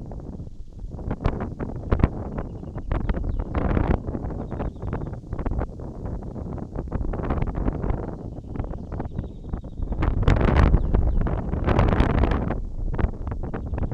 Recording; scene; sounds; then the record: everyday scene through a hearing-aid microphone; wind on the microphone; wind, birds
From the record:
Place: in front of a rural house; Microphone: in the ear canal, right